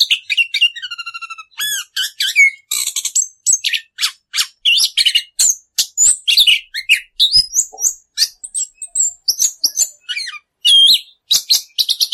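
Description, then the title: Orange-headed thrush song, a long rapid medley of whistles, trills and chattering notes delivered almost without pause. Song style called ngerol, a rolling continuous delivery; used as a masteran, a training recording for songbirds. "Anis Kembang 9. suara anis kembang ngerol"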